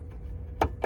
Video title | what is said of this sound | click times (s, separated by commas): Replace H7 Low Beam Bulb 2020 Hyundai Kona Electric | locks in place | 0.6 s